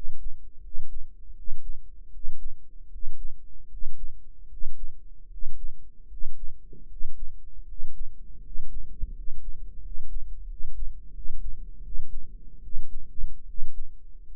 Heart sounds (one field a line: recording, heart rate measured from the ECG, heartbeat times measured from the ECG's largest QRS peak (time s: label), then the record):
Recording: heart sounds by microphone in the right ear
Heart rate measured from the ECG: 79 bpm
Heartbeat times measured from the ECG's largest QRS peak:
0.59 s: heartbeat
1.32 s: heartbeat
2.09 s: heartbeat
2.87 s: heartbeat
3.66 s: heartbeat
4.46 s: heartbeat
5.27 s: heartbeat
6.06 s: heartbeat
6.85 s: heartbeat
7.64 s: heartbeat
8.39 s: heartbeat
9.11 s: heartbeat
9.79 s: heartbeat
10.45 s: heartbeat
11.11 s: heartbeat
11.80 s: heartbeat
12.60 s: heartbeat
13.44 s: heartbeat
14.30 s: heartbeat
From the record:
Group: healthy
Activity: rest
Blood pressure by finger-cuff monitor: 97/70 mmHg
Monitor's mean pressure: 78 mmHg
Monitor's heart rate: 79 bpm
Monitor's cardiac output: 6.3 L/min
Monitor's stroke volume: 80 mL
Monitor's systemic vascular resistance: 860 dyn s/cm5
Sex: male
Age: 23 years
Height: 178 cm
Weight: 96.6 kg